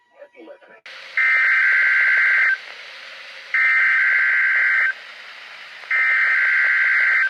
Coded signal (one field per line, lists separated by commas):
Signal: Emergency Alert System (SAME) tones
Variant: header bursts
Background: speech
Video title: EAS 4345-4348 TESTS From 10/5-10/6